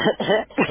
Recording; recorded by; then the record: voluntary cough; telephone call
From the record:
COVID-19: positive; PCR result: checked with the laboratory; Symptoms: no